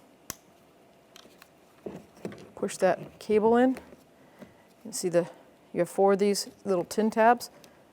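A master window switch assembly for a 2011–2021 Jeep Grand Cherokee, held by four small metal tabs, is handled while its cable is pushed in, ahead of being pressed into the door armrest trim. Someone talks throughout, and faint sharp ticks of handling come at 0.3, 1.2, 1.4, 1.9, 2.3 and 4.4 seconds. Nothing has seated or clicked yet.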